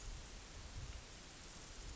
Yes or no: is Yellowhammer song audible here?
no